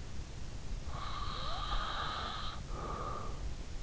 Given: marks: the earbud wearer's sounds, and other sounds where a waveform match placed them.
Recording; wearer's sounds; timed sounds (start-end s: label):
sounds in sleep by an in-ear microphone; breath
0.74-3.77 s: breath